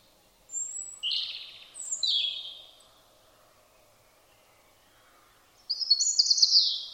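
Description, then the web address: European robin song: several short whistled and warbled phrases in quick succession, a pause of nearly three seconds, then a bright twittering phrase. "Deverinetal 2025 File origin Bird Only Er Ru"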